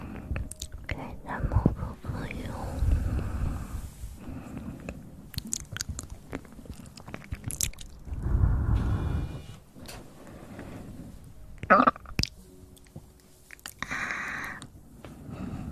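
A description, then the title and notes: Mouth sounds close to the mic: irregular clicks, smacks and wet chewing noises scattered throughout. Low rumbling swells come in bursts around two to four seconds and again near nine seconds, with sharper crunchy snaps near twelve and fourteen seconds. Sounds close to the mouth!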